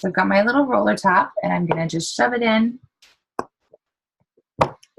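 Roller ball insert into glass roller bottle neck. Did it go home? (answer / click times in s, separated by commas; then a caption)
yes / 4.6 s. Someone talks, then a plastic roller ball insert is pushed by hand into the neck of a small glass essential-oil roller bottle, with a few faint taps along the way. It snaps in with a sharp click at 4.6 s and is now fully seated.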